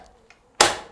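A fully charged removable drive pack (battery) is fitted back into the frame of a Cairn e-bike. After faint ticks near 0.1 s and 0.3 s, a sharp, loud broadband knock at 0.6 s marks the pack seating home, fading over about 0.3 seconds.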